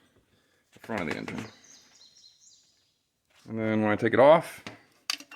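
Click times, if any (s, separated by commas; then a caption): 5.1 s. Someone talks while testing the rebuilt electromagnetic PTO clutch on the crankshaft of a Cub Cadet 1882 garden tractor engine. When the clutch is switched off, a sharp snap is heard at 5.1 s as the clutch plate snaps away from the pulley, followed by a couple of fainter clicks. The drive is released and no longer connected, so the PTO works.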